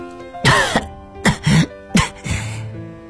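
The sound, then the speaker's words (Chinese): A woman coughs repeatedly, about five harsh, raspy bursts in uneven clusters, each with a rough voiced edge, fairly loud and with no talking. “她不断地咳嗽着，额头上的鲜血和眼中的泪水一并滴落，溅起一簇红黑色的泥珠。”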